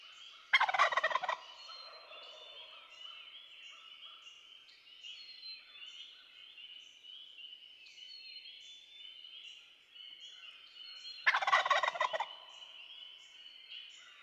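Wild turkey gobbling twice, a harsh one-second rattle early and another about ten seconds later, with a continuous background of small birds singing.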